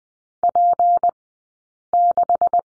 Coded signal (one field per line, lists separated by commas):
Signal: Morse code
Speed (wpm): 20 wpm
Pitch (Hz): 700 Hz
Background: none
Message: P6